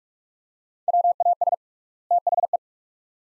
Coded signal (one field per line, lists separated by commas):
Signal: Morse code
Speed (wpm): 46 wpm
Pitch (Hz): 700 Hz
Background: none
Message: WAS THE